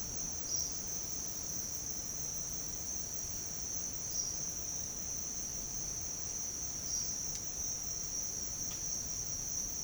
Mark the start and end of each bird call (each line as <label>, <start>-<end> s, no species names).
bird call, 4.11-4.38 s